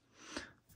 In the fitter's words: once again we're going to pop this out